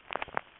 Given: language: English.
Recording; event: throat vibration sensor signal played as sound; swallow